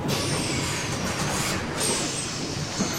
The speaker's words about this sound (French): D'ailleurs, revenons tout de suite à Montgomery, car ça y est, tu entends ? Oh ! Son bus vient enfin d'arriver, et c'est tant mieux, parce que je crois qu'elle a sacrément mal aux pieds.